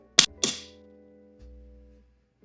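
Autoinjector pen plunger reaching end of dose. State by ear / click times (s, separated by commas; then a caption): seated / 0.2 s. A Zepbound autoinjector pen gives its second loud click at 0.2 s as the plunger reaches the end of the dose, followed by a softer, ringing snap at 0.4 s and a low background hum. The second click signals that the injection is complete.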